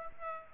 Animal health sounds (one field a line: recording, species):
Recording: mosquito wingbeat signal from an infrared sensor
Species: Aedes aegypti